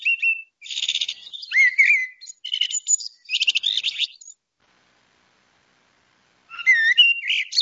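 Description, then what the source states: Common blackbird singing a long jumbled phrase of whistled slurs and rapid high chattering notes, a silent gap, then another warbling phrase begins. Male singing; nominate form found throughout the territory, played for comparison with a subspecies.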